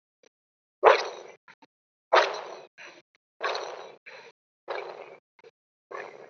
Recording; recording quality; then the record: shallow breathing; moderate, slight background noise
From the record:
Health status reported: healthy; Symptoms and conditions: none ticked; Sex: male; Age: 25 years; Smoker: yes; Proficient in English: yes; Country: India